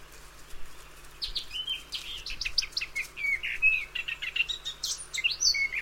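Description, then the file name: Eurasian blackcap singing a continuous, chattering warble of varied high notes with short clear whistles, over a steady low hum. "Sylvia atricapilla"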